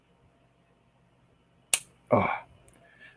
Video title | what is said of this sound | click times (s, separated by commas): Saturday Night Fever.. Let's Build CIRO B775 Botanical Garden Bag 4.. | very satisfying click. | 1.7 s